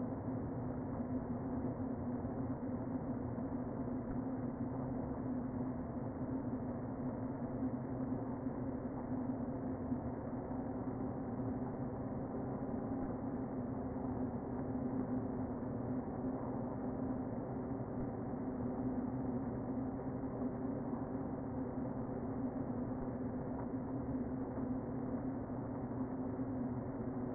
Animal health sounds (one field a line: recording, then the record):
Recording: honeybee colony, microphone inside the hive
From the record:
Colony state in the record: queen present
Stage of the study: before two queens were removed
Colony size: about 60,000 bees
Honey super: yes